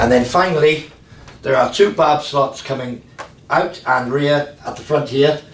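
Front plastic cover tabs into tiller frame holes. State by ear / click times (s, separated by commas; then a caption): not seated / none. Someone talks while handling the plastic cover of a P1PE P140T/P140TE tiller, getting ready to squeeze its two front tabs and pop them into their holes in the tiller frame. Only speech is heard, with no clicks, and the clip ends before the tabs go in, so nothing has seated or clicked yet.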